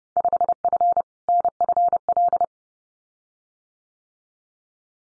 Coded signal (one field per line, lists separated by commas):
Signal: Morse code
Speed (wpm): 30 wpm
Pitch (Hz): 700 Hz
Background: none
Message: 5F NFL